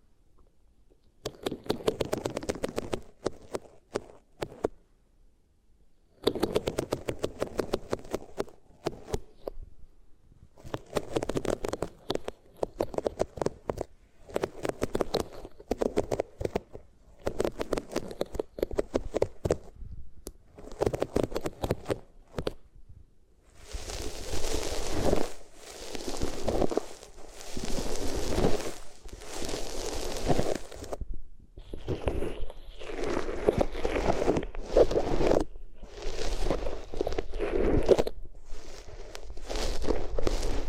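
Rubbing on different materials, in repeated scratchy strokes with brief pauses, growing denser and hissier after about 24 seconds.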